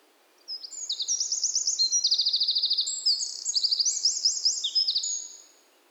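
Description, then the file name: Eurasian wren pouring out a loud, fast song of high twittering notes and rolling trills lasting about five seconds, then stopping abruptly. "Troglodytes troglodytes"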